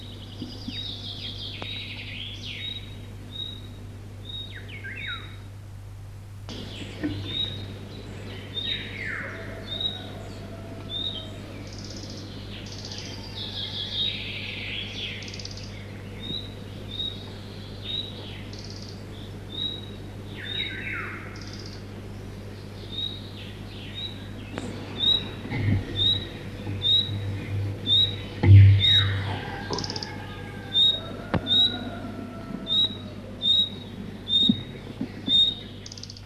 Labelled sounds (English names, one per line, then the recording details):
Red-breasted Flycatcher
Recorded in the wild
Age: adult
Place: Ruciane-Nida, Warminsko-Mazurskie, PL
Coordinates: 53.7, 21.5667
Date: 1965-07-12
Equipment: Grundig TK 4, BG 20/6 - 19 cm/s
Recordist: Schubert, Michael